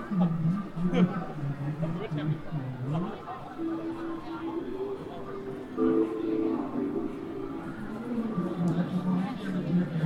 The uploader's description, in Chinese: 重庆洪崖洞